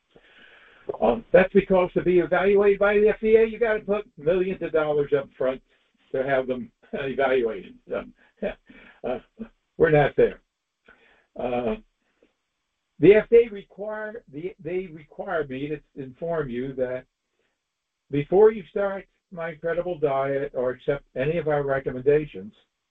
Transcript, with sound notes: that's because to be evaluated by the FDA, you gotta put millions of dollars up front to have them, (laughs) evaluate it, so, yeah. Uh, we're not there. Uh, the FDA require, the, they require me to inform you that before you start my incredible diet or accept any of our recommendations...